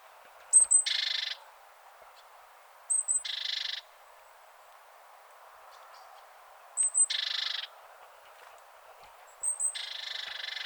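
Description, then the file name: Great tit calls repeating four times at irregular gaps. Each is a brief pair of high, thin notes leading into a rasping, buzzy churr, with quiet background. "Parus major"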